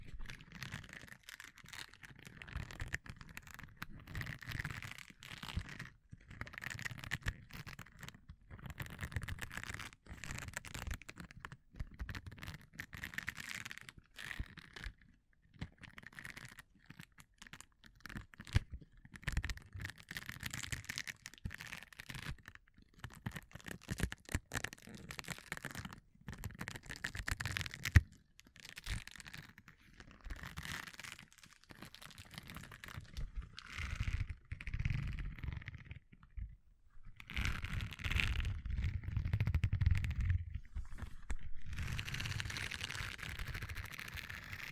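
Gloves rustle and rub in short, uneven bursts of scraping and crinkling, with brief pauses between movements and a louder stretch near the end.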